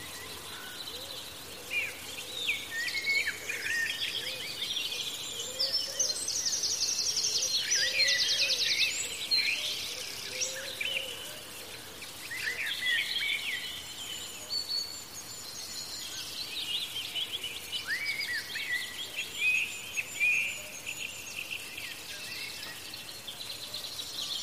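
A garden full of birds, with many overlapping chirps, trills and whistles forming a dense, steady chorus at mid-to-high pitch. A busy burst of high twittering peaks around seconds 6 to 10, and a soft outdoor hiss runs underneath throughout.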